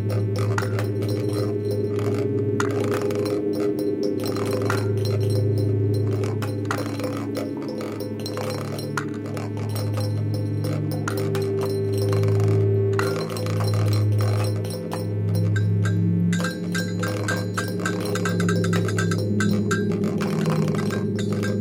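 Clinks and rattles of pots, crockery and tins tumble densely over a steady low drone with humming tones that slowly shift and swell.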